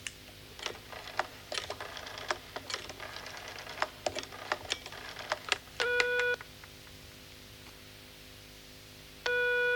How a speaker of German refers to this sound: Indem ich nämlich einfach die Nummer wähle.